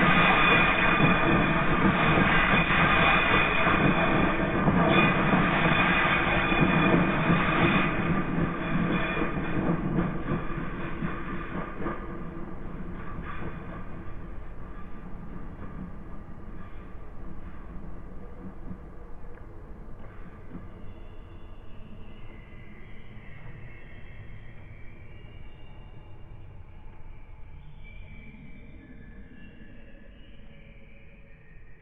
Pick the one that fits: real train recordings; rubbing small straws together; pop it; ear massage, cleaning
real train recordings